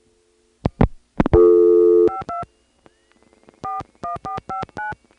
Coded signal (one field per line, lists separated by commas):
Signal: DTMF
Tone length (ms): 130 ms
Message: 52 41459